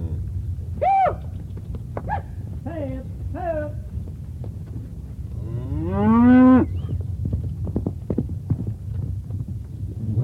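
Cow giving several short, clipped moos in quick succession, followed after a pause by one long, rising, louder moo, with low background rumble throughout.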